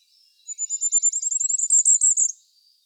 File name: ROITELET TRIPLE NORMAL MONO